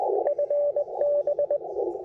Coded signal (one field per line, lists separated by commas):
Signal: Morse code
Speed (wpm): 20 wpm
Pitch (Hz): 590 Hz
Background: radio noise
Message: FB